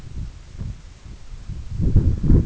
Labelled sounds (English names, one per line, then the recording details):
none
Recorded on Arctic tundra, site EABA-1, on 21 June 2018
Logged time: 02:00